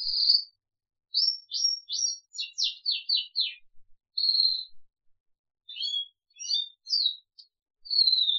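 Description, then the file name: Crested canary singing high, quick series of descending buzzy notes, a steady whistled note, then varied chirps and a falling whistle. "audio kenari jambul"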